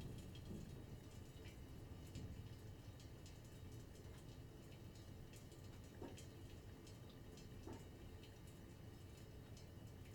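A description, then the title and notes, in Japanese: A kettle on a charcoal brazier sizzles over a steady low wind rumble, with scattered sharp ticks and soft knocks, notably near six and eight seconds. 我が家の冬の音風景。雪と寒さの厳しさと、今季は冬らしい冬となっています。火鉢のやかんが立てるチリチリという音、風が縁側のガラス戸を鳴らす音。ZOOM F6, Sennheiser MK。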